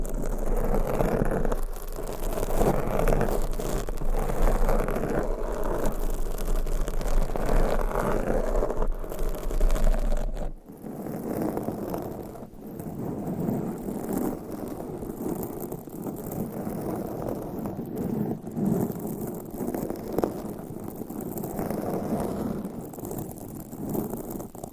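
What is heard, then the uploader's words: Dense mic scratching, a continuous rough rasping of nails across the microphone with quick irregular strokes. A low steady hum runs beneath it until about ten seconds, where it cuts out and the scratching turns quieter and softer for the rest. ASMR Mic Scratching - Brain Scratching with 6 Mics Asmr No Talking for Sleep with Long Nails.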